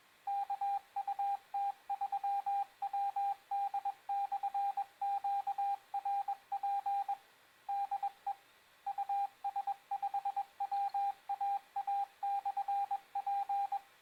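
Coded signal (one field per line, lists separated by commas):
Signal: Morse code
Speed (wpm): 21 wpm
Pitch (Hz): 800 Hz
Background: radio noise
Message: K UT3WD/QRP DE US5WAA/P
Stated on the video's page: On-air Morse lesson introducing letters O, T, Z, ?, / with practice CQ calls and number groups.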